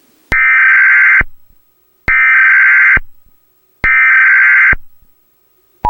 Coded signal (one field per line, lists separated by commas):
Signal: Emergency Alert System (SAME) tones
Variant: header bursts